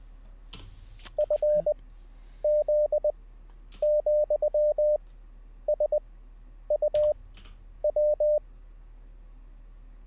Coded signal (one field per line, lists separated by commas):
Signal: Morse code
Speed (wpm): 20 wpm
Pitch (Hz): 600 Hz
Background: none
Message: FZ,SUW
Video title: How To Learn Morse Code LIVE with N0SSC (Day 11)